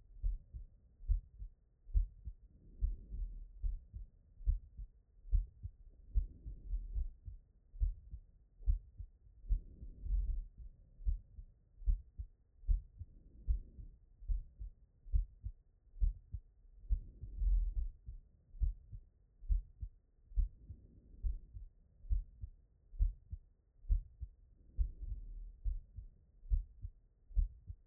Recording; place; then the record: heart sounds by stethoscope; tricuspid valve (TV)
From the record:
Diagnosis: non-HFrEF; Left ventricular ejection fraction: 45%